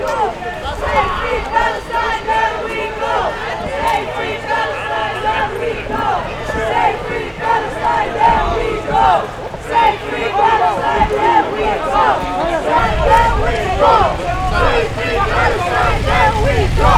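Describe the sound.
A crowd of loud, agitated protesters shouts and clamors continuously at a protest against the Palestinian genocide as police drive activists back, the voices overlapping into a dense roar of angry protest with a steady low rumble underneath.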